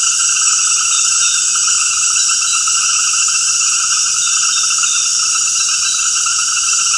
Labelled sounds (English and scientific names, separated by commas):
none